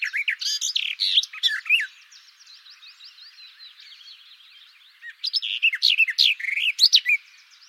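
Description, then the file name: Garden warbler song: a long, fast, rambling warble of rich, varied notes, loud at first, dropping to a softer chattering passage, then rising again into bright scratchy phrases. "fauvette des jardins - sylvia borin"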